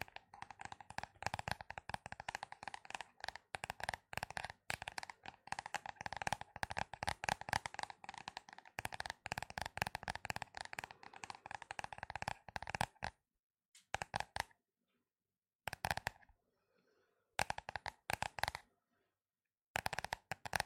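Rapid fingertip tapping on hardcover notebooks, dense and fast for the first thirteen seconds, with a mid-pitched woody knock and crisp clicky edges. After that the tapping breaks into short bursts separated by silent pauses. Dry.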